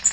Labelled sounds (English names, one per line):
Blackpoll Warbler flight call